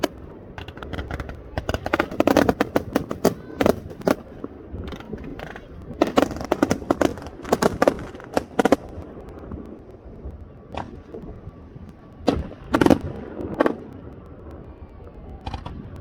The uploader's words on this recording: New Year's Eve. Wasilla AK Fireworks. Shot with my Samsung Galaxy S20+. Fireworks Show in Wasilla, AK.